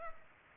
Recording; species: mosquito wingbeat signal from an infrared sensor; Culex pipiens